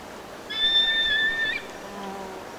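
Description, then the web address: Solitary eagle whistle, a level, piercing tone lasting about a second that lifts slightly at its end, followed by faint low hum. Ecuador. "Birds of Ecuador. Solitary Eagle"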